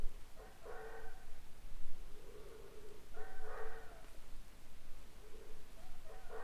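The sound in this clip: Howler monkey howling in repeated surges roughly every two to three seconds, each a rough, wavering moan with layered overtones, against a constant low hiss.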